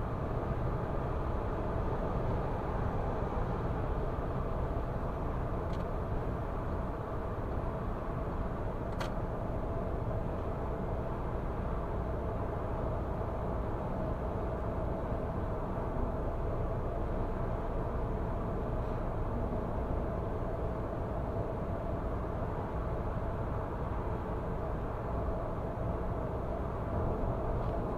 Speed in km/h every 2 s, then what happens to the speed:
116, 114, 110, 107, 107, 107, 106, 106, 106, 106, 106, 106, 106, 106.
0-6 slows to 107. 6-28 steady at about 106.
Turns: none.